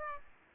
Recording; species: mosquito wingbeat signal from an infrared sensor; Aedes aegypti